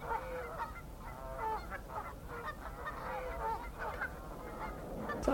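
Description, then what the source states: Canada goose honks, a string of nasal, repeated honking calls over faint background noise. Spring day; pools covered in Canada geese, which nest there, on a reserve of woods, meadows and salt marsh on the Dyfi Estuary, mid Wales.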